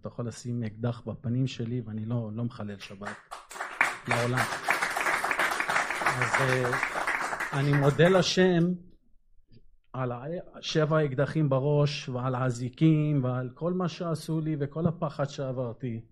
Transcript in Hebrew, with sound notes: אתה יכול לשים אקדח בפנים שלי ואני לא מחלל שבת! לעולם!! [מחיאות כפים] אז אה... אני מודה לשם על שבע אקדחים בראש ועל האזיקים ועל כל מה שעשו לי וכל הפחד שעברתי